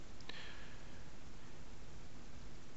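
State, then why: Seated. A plastic comb guard on the wheel housing of a Neato robot vacuum is wiggled slightly until it sits fully in position. Sharp clicks are heard at 0.2 s and 0.3 s over a steady low background hiss. The comb piece is seated in place.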